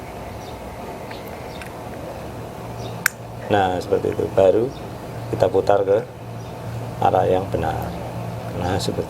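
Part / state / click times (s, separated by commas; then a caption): threaded valve part going into the gate valve body / seated / 3.1 s. While a gate valve is being reassembled, the metal threaded part is turned backwards (counter-clockwise) against the gate valve body until the thread start drops into alignment with a sharp click at 3.1 s. Fainter ticks come at 1.1 s and 1.6 s. Afterward, someone talks over a steady low hum, and the part is seated, ready to be screwed in the right direction.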